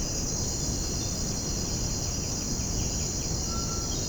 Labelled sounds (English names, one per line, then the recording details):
Violaceous Jay
White-winged Becard
Undulated Tinamou
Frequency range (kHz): White-winged Becard 2.0-3.9 kHz
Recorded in secondary vegetation near Puerto Asís, Putumayo, Colombia, on 21 February 2024 at 06:30
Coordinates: 0.489, -76.322
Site G6419